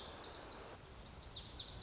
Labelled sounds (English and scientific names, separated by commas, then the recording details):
Lazuli Bunting (Passerina amoena)
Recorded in Sonoma County, California